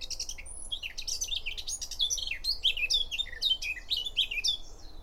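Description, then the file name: Eurasian blackcap singing a dense, jumbled warble of quick rising and falling notes, with sharp chirps packed closely together over a faint low rumble. "Sylvia atricapilla"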